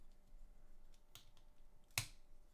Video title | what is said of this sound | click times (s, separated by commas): LEGO - Vintage LEGOLAND - Set 623 - (1970) White Car and Camper | like that nice click nice click and we should have one stud on the back | 2.0 s